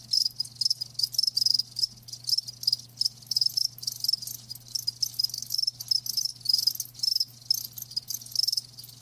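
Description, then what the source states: Crickets chirping in a dense chorus, rapid pulsed trills at a high pitch in bursts with short gaps, over a faint low steady hum. Live crickets chirping, a lulling song.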